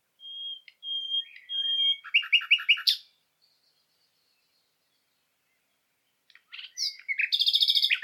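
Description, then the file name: Common nightingale song opening with long pure whistled notes, then a fast stuttering rattle; after a long pause, another rapid trilled phrase. "Luscinia megarhynchos"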